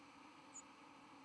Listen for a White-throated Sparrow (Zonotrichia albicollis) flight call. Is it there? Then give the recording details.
no. Another species' flight call is heard. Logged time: 02:28 on 12 November 2014